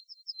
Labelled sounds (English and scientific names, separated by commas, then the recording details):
Yellowhammer (Emberiza citrinella) song
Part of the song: start
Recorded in the Czech Republic on 27 June 2014
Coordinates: 49.860, 13.838
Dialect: XlB
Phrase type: H34
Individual h012